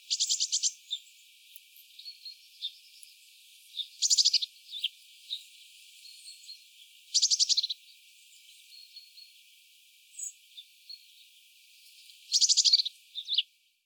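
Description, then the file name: Eurasian blue tit calling in rapid high bursts of stacked notes, repeated four times, with scattered thin chips and other faint calls between. "Cyanistes caeruleus"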